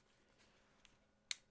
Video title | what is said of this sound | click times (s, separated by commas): Nintendo Switch Unboxing | you just kind of slide them on gives a little satisfying click | 1.3 s